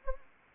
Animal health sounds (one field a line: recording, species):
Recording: mosquito wingbeat signal from an infrared sensor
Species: Anopheles arabiensis